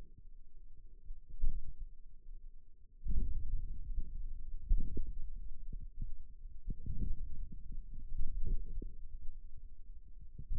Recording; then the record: forearm muscle sounds (acoustic myography)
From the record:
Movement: outward rotation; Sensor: system 2, bracelet of six BSWA MPA416 microphones around the upper forearm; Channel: 4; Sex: male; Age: 22 years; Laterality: right